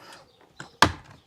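A plastic centre console trim panel in a Tesla interior is carefully pulled up by hand. A faint sharp tick comes at 0.6 s, then a loud, crisp pop at 0.8 s as the retaining clips let go. The panel comes free, with low rustling before and after.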